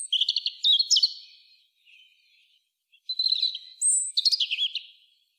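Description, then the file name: European robin song in two phrases, each with quick repeated high notes, wavering trills and thin slurred whistles, with a brief quiet pause between. "Erithacus rubecula"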